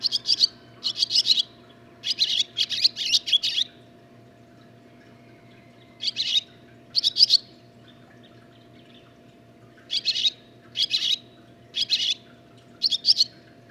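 Barn swallow twittering song: clustered chirp bursts at first, a pause, then shorter, well-spaced bursts.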